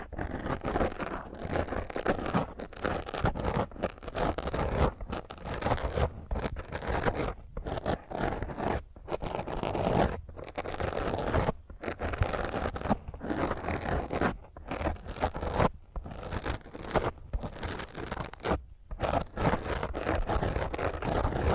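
Fingernails scratch roughly and hard across a microphone in dense, grating bursts that fill the whole range from low rumble to bright hiss. Short silent gaps break the scraping roughly every second or so, giving it an uneven, stop-start rhythm throughout.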